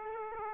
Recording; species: mosquito wingbeat signal from an infrared sensor; Aedes aegypti